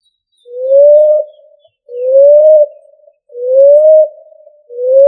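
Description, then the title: Pigeon calls: low, pure, gently upslurred coos, each about a second long, given in a regular sequence with short silent gaps. "Familia Columbidae Pomba"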